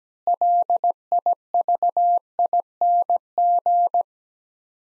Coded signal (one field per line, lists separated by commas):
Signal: Morse code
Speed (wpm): 17 wpm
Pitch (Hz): 700 Hz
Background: none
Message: LIVING